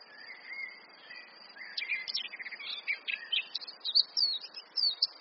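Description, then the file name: Eurasian blackcap giving a fast, scratchy, varied twittering warble of high notes, starting quietly and growing busier after about two seconds, over a faint background hiss. "Sylvia atricapilla"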